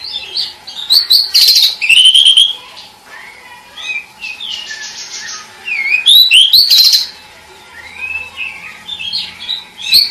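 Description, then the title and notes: Bird song of loud whistled notes and scratchy trills in two strong bursts, separated by softer rising and falling warbled phrases. Masteran: training songs for cage birds. "Kumpulan Masteran Burung"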